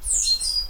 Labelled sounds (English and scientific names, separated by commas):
Stitchbird (Notiomystis cincta) song